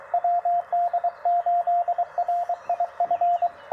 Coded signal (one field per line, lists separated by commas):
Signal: Morse code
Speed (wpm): 23 wpm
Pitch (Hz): 700 Hz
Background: radio noise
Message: WD8RIF